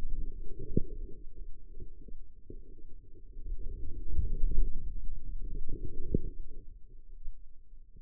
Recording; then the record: forearm muscle sounds (acoustic myography)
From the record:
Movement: outward rotation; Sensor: system 2, bracelet of six BSWA MPA416 microphones around the upper forearm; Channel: 5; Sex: female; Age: 25 years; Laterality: right